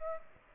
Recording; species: mosquito wingbeat signal from an infrared sensor; Aedes albopictus